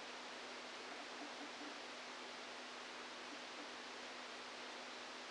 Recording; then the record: brain microelectrode recording played as sound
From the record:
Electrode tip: outside the subthalamic nucleus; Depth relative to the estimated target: -8 mm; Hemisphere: right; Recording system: NeuroSet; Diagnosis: Parkinson's disease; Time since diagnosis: 13 years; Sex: male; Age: 49 years